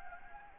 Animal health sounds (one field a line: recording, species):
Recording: mosquito wingbeat signal from an infrared sensor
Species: Anopheles gambiae